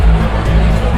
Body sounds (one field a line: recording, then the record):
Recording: background sound without coughing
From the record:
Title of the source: Party Noise 1 Hour Party Ambience